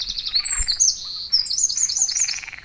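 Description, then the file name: Eurasian wren giving high, rapid trilled and twittering notes. "Troglodytes troglodytes"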